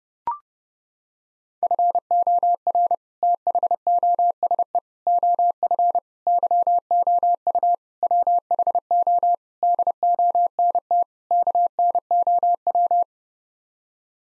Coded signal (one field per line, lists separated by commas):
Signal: Morse code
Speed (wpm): 32 wpm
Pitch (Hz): 700 Hz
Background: none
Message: FOR THOSE OF YOU WHO DONT KNOW